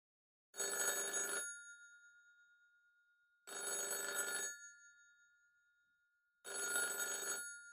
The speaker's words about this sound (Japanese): これは何ですか？ これは電話です。